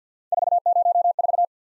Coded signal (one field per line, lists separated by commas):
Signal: Morse code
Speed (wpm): 53 wpm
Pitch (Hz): 700 Hz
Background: none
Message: 404